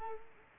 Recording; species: mosquito wingbeat signal from an infrared sensor; Culex quinquefasciatus